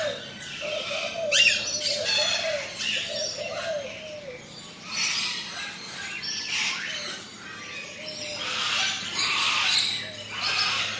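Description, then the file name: Parrots and parakeets squawking harshly in bursts, with lower wavering calls underneath and overlapping shrill chatter throughout; a low mechanical hum runs beneath. Ambience in a large tropical aviary with parrots, parakeets and other birds; lawn mower in the distance. "zapsplat animals birds tropical large avery amb parrots parakeets others mower in dist"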